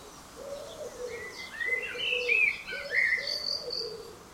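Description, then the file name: Common blackbird giving a slurred, warbling fluty phrase over steady low cooing notes repeated in the background. "Turdus merula"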